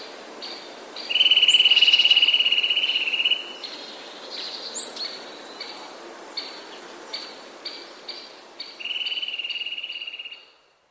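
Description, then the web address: Eurasian nuthatch song: a long, rapid, steady trill of piping notes, a pause with soft chips, then a second shorter trill. "wroblowe kolekcja kowalik"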